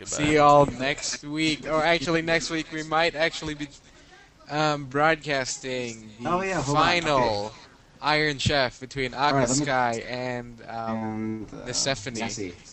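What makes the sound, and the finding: Adult male speaker. No speech disorder.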